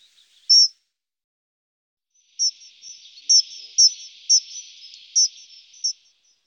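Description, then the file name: Dunnock song: a brief high note, then a quick, even, jingling warble of high notes lasting about three and a half seconds, against a quiet background. "Heckenbraunelle"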